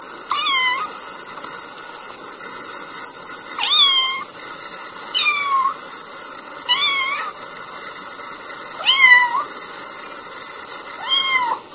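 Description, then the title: Domestic cat meowing, six clear wavering meows spaced a few seconds apart over a quiet background. The recordist's own pet cat. "kucingku"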